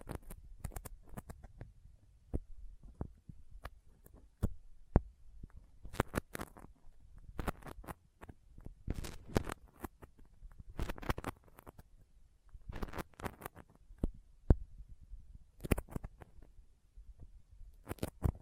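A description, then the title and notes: Sticky fingers peel and tap in quick irregular bursts of clicks and smacking pops, with brief quiet gaps and occasional sharper snaps. ASMR Intense Sticky Finger Sounds (No Talking).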